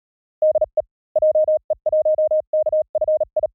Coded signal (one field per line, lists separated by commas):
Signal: Morse code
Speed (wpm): 38 wpm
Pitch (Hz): 620 Hz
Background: none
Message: DE JE1KFI